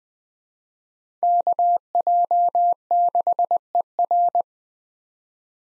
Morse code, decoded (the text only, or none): KJ6ER